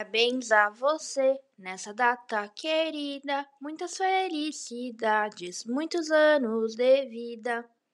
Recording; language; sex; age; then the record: short text; Brazilian Portuguese; female; 20 to 29 years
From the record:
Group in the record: control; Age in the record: 22 years